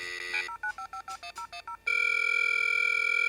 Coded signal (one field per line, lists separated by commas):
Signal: DTMF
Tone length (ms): 90 ms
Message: 095551010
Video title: 90's Dial-Up Internet in 2021